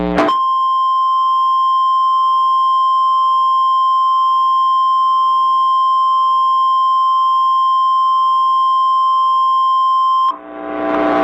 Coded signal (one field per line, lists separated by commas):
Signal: Emergency Alert System (SAME) tones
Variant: 1050 Hz attention tone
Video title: TMYKs mini EAS Scenario Zombies Return HE2021 (REUPLOAD)